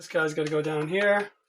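Someone talks while handling a replacement machine-head guitar tuner that is about to be pushed down into its hole in a wooden guitar headstock. The clip ends before the tuner goes in, and nothing has seated yet.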